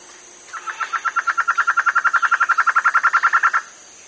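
Bird trill: a rapid run of many evenly repeated mid-pitched notes lasting about three seconds, steady in pitch and swelling slightly in loudness.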